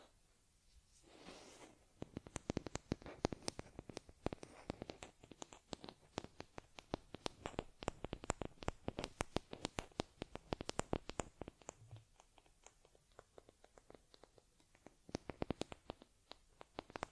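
Fur combing and massaging on a teddy bear, heard as a dense run of sharp crackling scratches and taps that barely let up. A brief hissy brush stroke comes in near the one-second mark, and a soft low thump lands around twelve seconds.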